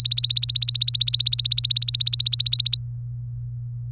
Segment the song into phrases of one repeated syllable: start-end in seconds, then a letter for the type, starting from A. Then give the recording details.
0.00-2.77 A. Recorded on 24 April 2018 at 18:09. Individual llb3